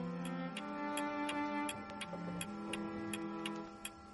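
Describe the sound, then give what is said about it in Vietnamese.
A clock ticks steadily as its hands move toward midnight, sharp crisp clicks repeating a few times per second, set over a low, sustained droning tone that hums underneath throughout. “Cứ như vậy, kim đồng hồ nhích dần về gần 12 giờ đêm.”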